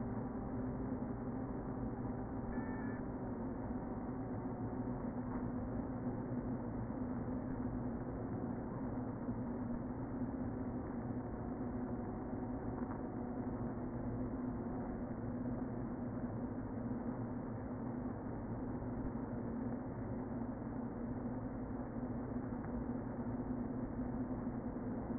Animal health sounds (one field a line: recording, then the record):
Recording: honeybee colony, microphone inside the hive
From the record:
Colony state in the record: queen present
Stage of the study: before two queens were removed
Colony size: about 60,000 bees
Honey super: yes